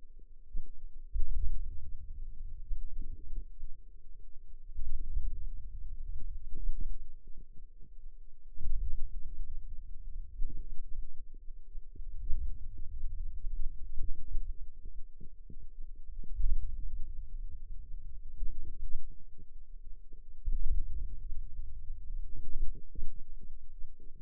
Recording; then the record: forearm muscle sounds (acoustic myography)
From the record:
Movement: hand opening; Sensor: system 2, bracelet of six BSWA MPA416 microphones around the upper forearm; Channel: 2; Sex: female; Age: 21 years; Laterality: right